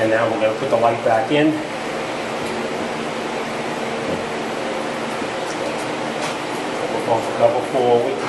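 A headlight assembly for a 2000–2006 Toyota Camry is handled and worked past the bumper cover toward its plastic retaining clip in the bumper/body. Someone talks over a steady fan-like hum, with some soft handling noise. Nothing has seated or clicked yet.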